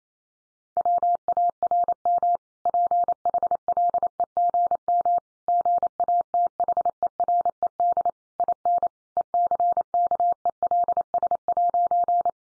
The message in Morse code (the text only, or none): WARM PHLEGM GATHERED IN ECKELS'